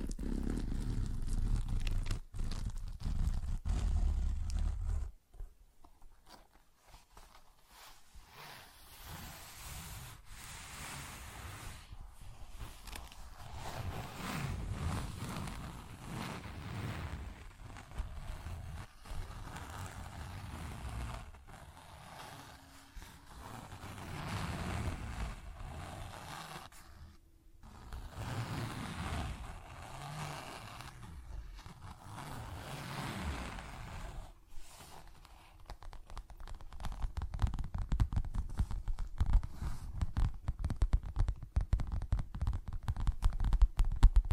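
Tapping, scratching and zipper sounds come in uneven bursts, with many short sharp clicks and rasping strokes scattered throughout. A low rumble fills the first five seconds, then the handling noise continues in busy stretches, broken by brief quiet gaps near 27 and 34 seconds.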